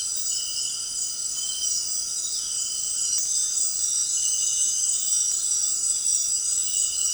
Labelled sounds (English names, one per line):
none